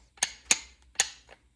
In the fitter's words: So that's that's the click that you're hearing.